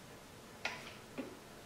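A 1/4 inch click-type torque wrench with a 10 mm socket tightens a plenum cover bolt on a car engine, worked in a cross pattern. A sharp metallic torque click at 0.7 s confirms the bolt has reached its torque setting, followed by a softer tick around 1.2 s.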